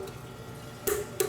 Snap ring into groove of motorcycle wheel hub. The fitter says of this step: Hey, almost. There we go, pop.